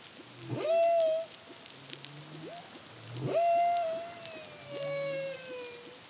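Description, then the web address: Humpback whale song: two loud rising whoops that flatten into drawn-out tones, interleaved with short low grunts, the second tone falling slowly, over underwater hiss. Caribbean, 2023. "CARIMAM humpback whale song"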